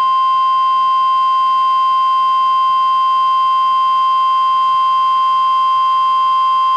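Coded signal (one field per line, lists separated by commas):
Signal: Emergency Alert System (SAME) tones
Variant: 1050 Hz attention tone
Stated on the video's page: NWR Required Weekly Test from NWS Portland, relayed by KEC91 in Astoria, received on a Reecom R-1630 weather radio.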